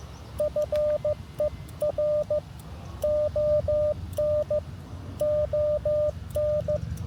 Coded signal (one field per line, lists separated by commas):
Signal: Morse code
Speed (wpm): 15 wpm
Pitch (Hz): 600 Hz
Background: none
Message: FER ON ON